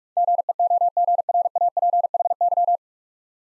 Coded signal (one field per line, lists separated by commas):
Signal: Morse code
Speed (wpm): 44 wpm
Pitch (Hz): 700 Hz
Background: none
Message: GEOGRAPHY